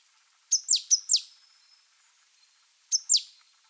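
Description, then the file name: Great tit call in two short bursts of high, downward-swept notes, first a run of four, then a pair near the end. "Parus major"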